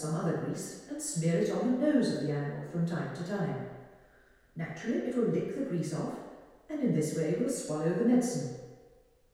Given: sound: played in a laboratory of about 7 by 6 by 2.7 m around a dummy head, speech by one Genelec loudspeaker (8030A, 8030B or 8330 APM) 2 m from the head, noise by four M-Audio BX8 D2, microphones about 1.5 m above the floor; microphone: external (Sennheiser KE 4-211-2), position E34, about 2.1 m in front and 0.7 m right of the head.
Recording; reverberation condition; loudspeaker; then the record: female speech in English; high; 150 degrees to the right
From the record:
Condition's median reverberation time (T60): about 1300 ms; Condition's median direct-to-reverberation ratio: about -4.0 dB